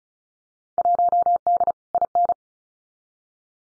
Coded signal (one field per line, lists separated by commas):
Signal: Morse code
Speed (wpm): 36 wpm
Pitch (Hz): 700 Hz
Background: none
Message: 1D IN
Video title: Field Day Exchange 35wpm